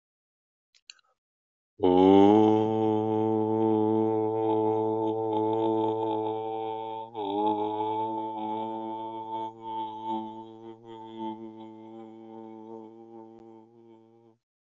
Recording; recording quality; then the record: sustained vowel as in boot; excellent, no background noise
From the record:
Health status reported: healthy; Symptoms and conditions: none ticked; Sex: male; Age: 35 years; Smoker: not ticked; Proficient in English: yes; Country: India